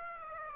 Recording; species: mosquito wingbeat signal from an infrared sensor; Aedes aegypti